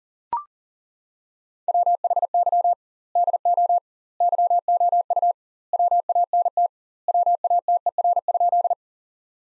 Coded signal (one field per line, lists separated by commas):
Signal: Morse code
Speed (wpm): 40 wpm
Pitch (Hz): 700 Hz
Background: none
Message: WHY DO YOU WANT WATER?